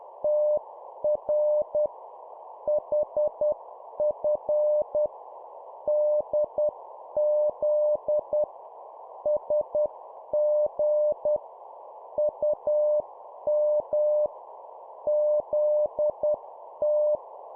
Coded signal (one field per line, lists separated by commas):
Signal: Morse code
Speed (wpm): 10 wpm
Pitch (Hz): 600 Hz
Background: none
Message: TR HF DZ SG UM ZT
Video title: 10wpm Two letter words, cw morse code